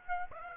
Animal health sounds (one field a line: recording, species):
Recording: mosquito wingbeat signal from an infrared sensor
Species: Aedes aegypti